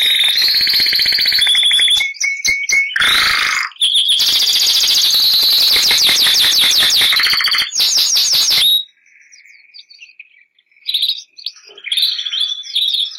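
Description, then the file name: Canary (Bernois): canary singing long loud trills, including a low buzzy roll and fast repeated sweeping notes, then quieter scattered twitters near the end. Bernois breed canary. "canto do canario bernois"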